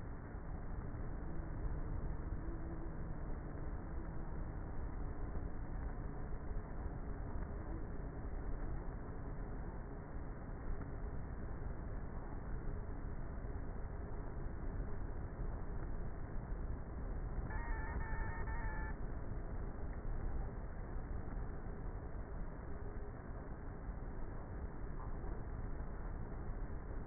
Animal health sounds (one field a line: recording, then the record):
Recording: honeybee colony, microphone inside the hive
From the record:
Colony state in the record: queenless with a low population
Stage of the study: before two queens were removed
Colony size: about 30,000 bees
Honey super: no